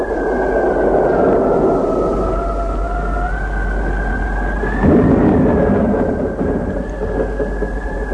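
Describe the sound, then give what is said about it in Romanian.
A thunderstorm rages with a steady low rumble and a high, whistling wind tone running throughout; a heavier roll of thunder swells up midway before settling back into the continuous roar. “Tirania furtunii se va prăbuși curând!”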